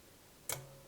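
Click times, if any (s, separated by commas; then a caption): 0.5 s. A metal trumpet piston valve is put into the trumpet's valve casing and turned until its plastic guide drops into the slot. A single sharp click sounds at 0.5 s and is followed by a faint low ring, confirming the valve guide has seated.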